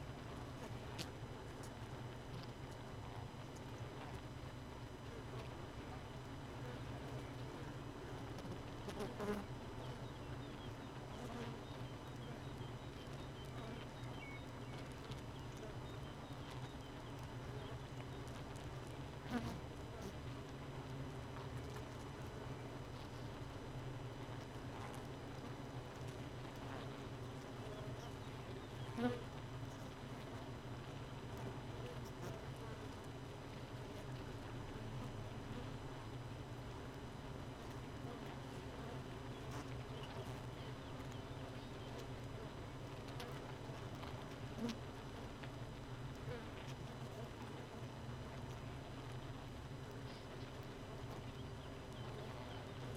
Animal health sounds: honeybee colony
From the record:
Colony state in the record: missing queen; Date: 31 May 2018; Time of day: 4:15

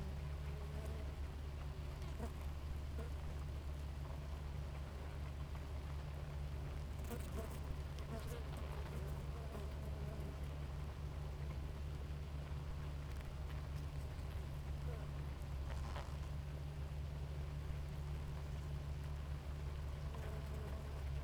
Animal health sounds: honeybee colony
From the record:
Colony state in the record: active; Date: 28 July 2017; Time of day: 4:43

